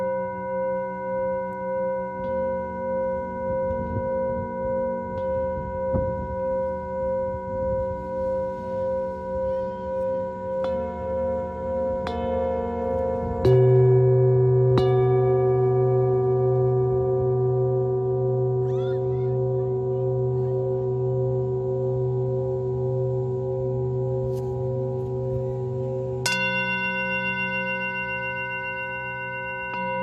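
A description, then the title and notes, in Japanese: Singing bowls ring in long, steady sustained tones with a slow, regular pulsing shimmer. A deeper bowl is struck near 13 seconds, swelling louder and slowly fading, and a brighter, higher bowl joins around 26 seconds. Faint light taps and ticks appear in between. メキシコから シンギングボウルのサウンドヒーリング ライブ。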